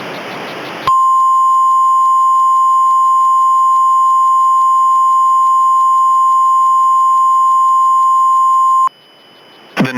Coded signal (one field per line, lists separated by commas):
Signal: Emergency Alert System (SAME) tones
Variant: 1050 Hz attention tone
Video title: (EAS MOCK) Tornado Watch on TV??? 2 of them????????